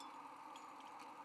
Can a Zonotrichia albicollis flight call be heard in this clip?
no